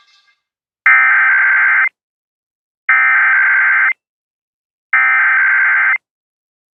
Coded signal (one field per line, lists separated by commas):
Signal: Emergency Alert System (SAME) tones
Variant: header bursts